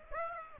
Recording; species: mosquito wingbeat signal from an infrared sensor; Aedes aegypti